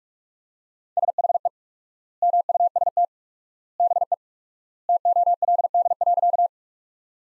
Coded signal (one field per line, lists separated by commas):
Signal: Morse code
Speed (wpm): 46 wpm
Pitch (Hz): 700 Hz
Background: none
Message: SHE MUST BE TOLD.